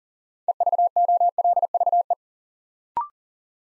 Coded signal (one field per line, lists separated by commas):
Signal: Morse code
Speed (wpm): 39 wpm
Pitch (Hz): 700 Hz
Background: none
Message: EVOLVE